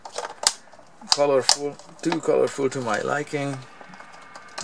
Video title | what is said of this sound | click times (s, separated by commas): What`s inside a photocopier`s tone cartridge? | they're snap back in place there lastly | 4.6 s